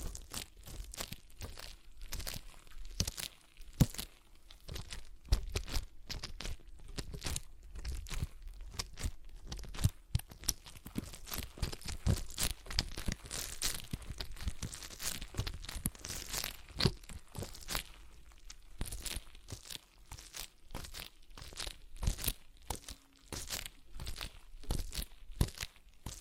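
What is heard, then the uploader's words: Stress ball sounds: dense, irregular crinkling and crunching runs through the whole clip, with sharp bright snaps packed closely together. The squeezing stays busy throughout, briefly thinning around twenty seconds, over a faint low hum. ASMR Relaxing Stress Ball Sounds (No Talking).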